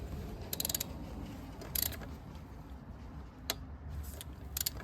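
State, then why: Not seated. A swivel-jointed torque wrench tightens a spark plug into the cylinder head at the back of a Ford Ranger engine, making short metallic ratcheting ticks around 0.6, 0.8, 1.8, 3.5 and 4.6–4.7 seconds over a steady low background hum. The torque wrench has not clicked yet.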